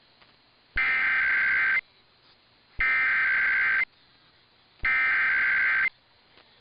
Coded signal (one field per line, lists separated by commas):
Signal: Emergency Alert System (SAME) tones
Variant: header bursts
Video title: [EAS #2115-#2147] RWT & RMT Madness Continues